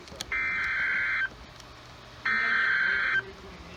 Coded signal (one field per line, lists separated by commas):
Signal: Emergency Alert System (SAME) tones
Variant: header bursts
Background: speech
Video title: EAS #175 - Tornado Warning